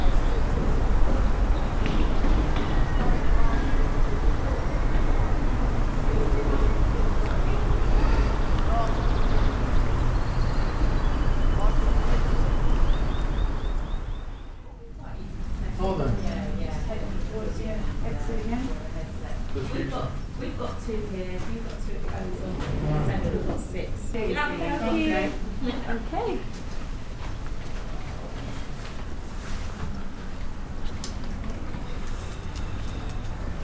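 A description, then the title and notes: A busy square with steady low traffic rumble and a crowd murmur, a brief dip near fifteen seconds, then voices chatter over passing vehicles. Bell Green, How Places Feel: Soundscape. Listen to Riley Square, recorded by audio consultant Gavin Griffiths as part of our Bell Green Library project: The Time of Our Lives.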